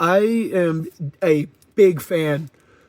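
A plastic action figure is handled at its display flight stand, its peg or joint about to be pushed into the plastic stand. Someone talks throughout, and nothing has seated or clicked into the stand yet.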